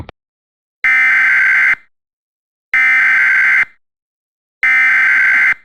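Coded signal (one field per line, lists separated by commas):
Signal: Emergency Alert System (SAME) tones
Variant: header bursts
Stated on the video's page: Fictional scenario, not a real alert.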